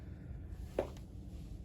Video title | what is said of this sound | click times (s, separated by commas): GDI Lab Vintage Systems Guide - Atari Jaguar, SNES | a little bit until it clicks into place very good and then | 0.8 s